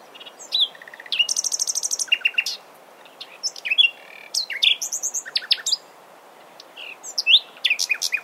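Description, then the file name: Common nightingale song with fast rattling trills, rapid repeated clicks and whistled slurs, delivered in rich varied phrases with short gaps between them. "Luscinia megarhynchos"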